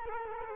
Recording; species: mosquito wingbeat signal from an infrared sensor; Culex quinquefasciatus